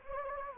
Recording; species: mosquito wingbeat signal from an infrared sensor; Anopheles gambiae